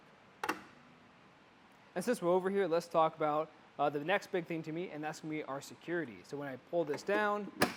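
The rod-tip strap on a Thule RodVault rooftop fly-rod carrier, which wraps around the end of the fly rod, is pushed down and secured, giving a quick double tick at 0.4 s and 0.5 s as its plastic fastener clicks shut and seats. After a short quiet pause, someone talks for the rest of the clip, and a final sharp tick is heard near the end.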